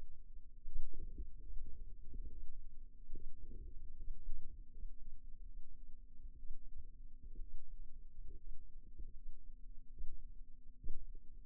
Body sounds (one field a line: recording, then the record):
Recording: forearm muscle sounds (acoustic myography)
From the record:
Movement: rest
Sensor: system 2, bracelet of six BSWA MPA416 microphones around the upper forearm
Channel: 1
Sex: female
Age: 22 years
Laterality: right